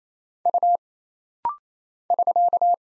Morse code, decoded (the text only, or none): U <SK>